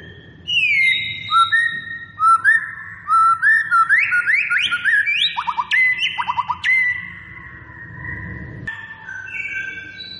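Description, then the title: White-rumped shama song of clear whistled notes and rapid trills, delivered in lively sequences. Lure recording meant to make a white-rumped shama respond; the bird is described as singing actively. "PANCINGAN MEWAH MURAI BATU GACOR, SEKALI DENGAR AMPUH LANGSUNG RESPON"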